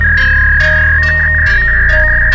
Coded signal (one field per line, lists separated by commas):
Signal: fax machine handshake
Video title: Samurai fax